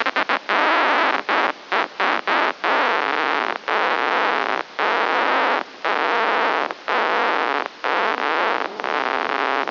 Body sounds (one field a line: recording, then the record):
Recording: brain microelectrode recording played as sound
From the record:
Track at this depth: inside the subthalamic nucleus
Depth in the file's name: 4.502 mm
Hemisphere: left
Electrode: 2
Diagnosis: Parkinson's disease